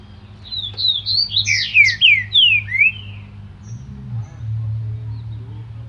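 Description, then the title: Green-winged saltator song: one phrase of loud, slurred, downward whistles strung together over about three seconds, over a steady low hum. Singing trinca-ferro ('cantador') of breeder Cléber; recording labelled 'Voz 07'. "Canto De Trinca Ferro Voz 07. TRINCA FERRO CANTADOR CRIADOR CLÉBER"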